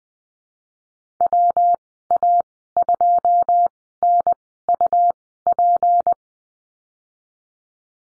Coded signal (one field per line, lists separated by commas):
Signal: Morse code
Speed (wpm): 20 wpm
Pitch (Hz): 700 Hz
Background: none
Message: WA2NUP